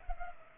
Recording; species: mosquito wingbeat signal from an infrared sensor; Culex pipiens